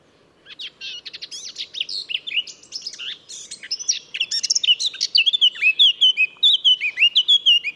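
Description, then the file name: Eurasian blackcap song: a varied chattering warble that ends in a louder series of clear, fluting whistled notes. "Sylvia atricapilla"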